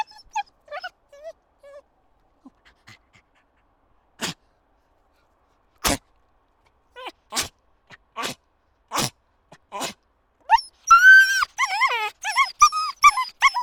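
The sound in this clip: Dog yelps: a few soft whimpers, then sharp scattered clicks or knocks, and a final burst of loud high-pitched yelping.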